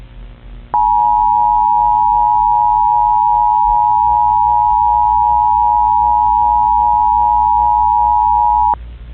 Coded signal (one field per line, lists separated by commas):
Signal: Emergency Alert System (SAME) tones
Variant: 853 and 960 Hz attention tone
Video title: (EAS MOCK) it's always during Arthur...